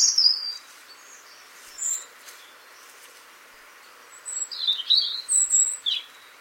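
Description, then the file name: European robin song, a high warble at the start, a brief chirp, then a varied phrase of tinkling and dropping notes toward the end. "Erithacus rubecula"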